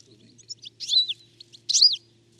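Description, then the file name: European goldfinch calls: two clear, ringing notes, each sliding downward, separated by a few short chips, with a faint low hum behind. "Carduelis carduelis"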